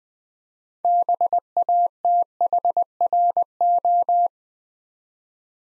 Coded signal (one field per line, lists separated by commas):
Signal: Morse code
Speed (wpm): 20 wpm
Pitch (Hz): 700 Hz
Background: none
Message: BATHRO